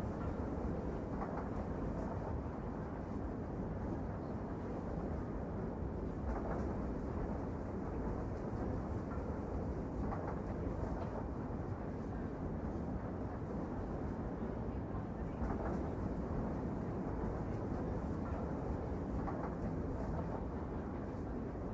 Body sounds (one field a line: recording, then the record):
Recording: background sound without coughing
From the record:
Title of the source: Train Ride Ambience ambient white noise for sleeping, focus, studying, reading